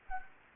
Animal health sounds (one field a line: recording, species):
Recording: mosquito wingbeat signal from an infrared sensor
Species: Anopheles gambiae